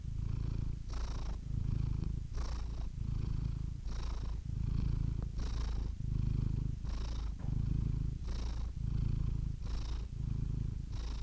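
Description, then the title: Domestic cat purring, a steady low rumble pulsing in rhythm with breathing, with soft breathy bursts roughly every second. Compilation of domestic cats, from kittens to old cats. "Compilation of Cat Meows #CatMeows #CuteKittens"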